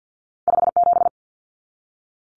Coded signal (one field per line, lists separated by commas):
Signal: Morse code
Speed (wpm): 50 wpm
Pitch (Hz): 700 Hz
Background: none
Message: 57